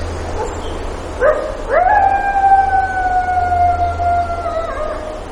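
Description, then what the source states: Coyote howl: a couple of short rising yips lead into one long, steady, harmonic-rich howl that drops slightly at the end, with a constant low hum underneath. Recorded at Lake Clark, Alaska, on 3 July 2018 at about 06:06.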